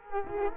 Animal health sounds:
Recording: mosquito wingbeat signal from an infrared sensor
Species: Culex quinquefasciatus

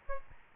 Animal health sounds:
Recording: mosquito wingbeat signal from an infrared sensor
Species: Aedes albopictus

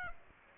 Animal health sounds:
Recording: mosquito wingbeat signal from an infrared sensor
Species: Aedes aegypti

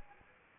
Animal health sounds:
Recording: mosquito wingbeat signal from an infrared sensor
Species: Anopheles arabiensis

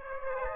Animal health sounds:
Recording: mosquito wingbeat signal from an infrared sensor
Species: Aedes aegypti

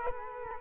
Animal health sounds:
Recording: mosquito wingbeat signal from an infrared sensor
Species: Culex quinquefasciatus

